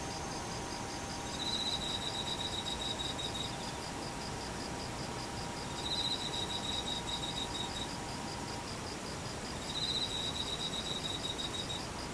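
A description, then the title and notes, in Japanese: Cicadas and other insects fill the clip with a dense, steady buzzing hiss. A high, thin whine rises three times, around 1.5, 6 and 10 seconds, each lasting a couple of seconds, over a fast pulsing trill and a low hum that fades out near 9 seconds. セミムシ。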